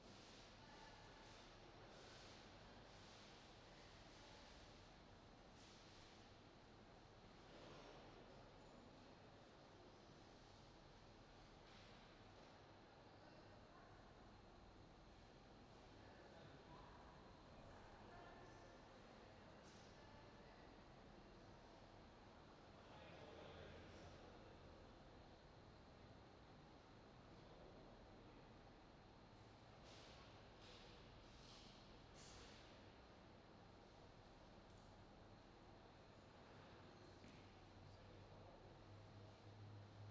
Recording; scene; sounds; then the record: everyday scene through a hearing-aid microphone; reverberant space; background noise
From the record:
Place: railway station hall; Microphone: in the ear canal, right